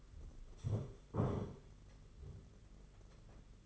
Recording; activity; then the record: daily activity, microphone in the room; stand up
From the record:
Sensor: 4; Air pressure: 992.5 hPa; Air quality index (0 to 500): 120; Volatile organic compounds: 30 ppm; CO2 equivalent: 2948 ppm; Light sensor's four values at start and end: 20/72/26/28 and 20/72/26/28